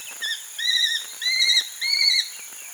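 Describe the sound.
Aplomado falcon giving four slightly arched, tonal calls in quick succession, the first the shortest.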